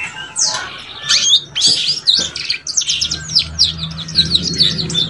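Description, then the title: Belgian canary song with sweeping whistled notes, then quick repeated chirps, with a faint low hum in the later part. Belgian canary song used to warm up and stimulate young canaries so they start singing and chattering quickly. "Canto Para Esquentar Canário Belga. SUARA KENARI PAUD CUIT CUIT BELAJAR BUNYI - pancingan kenari paud muda agar cepat bunyi dan ngeriwik"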